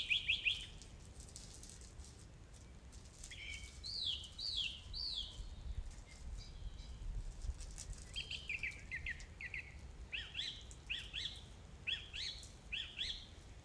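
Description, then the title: Song thrush song: whistled phrases, each repeated two or three times in quick succession, with pauses between the groups. Recorded 4 May 2021 at 20:35. "2021-05-04 20-35-13-Song-Thursh-4 th-May-2021"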